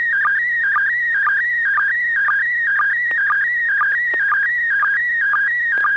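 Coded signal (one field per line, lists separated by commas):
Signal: SSTV (slow-scan television)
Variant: PD120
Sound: warbling tone shifting between pitches, with short low sync blips about twice a second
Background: low hum, FM radio hiss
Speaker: Okay, well, this is going to be PD 120. N6PGQ,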